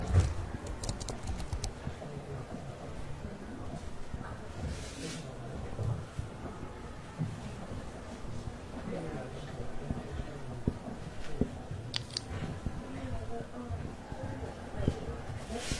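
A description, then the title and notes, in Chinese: Library ambience with a low, steady murmur of voices underneath and scattered typing on a keyboard. Short clicks and taps come irregularly, clustered near the start and again around the fifth and twelfth seconds, with a soft rustle now and then. 公共图书馆沉浸式学习 图书馆环境音 打字声 写字翻书。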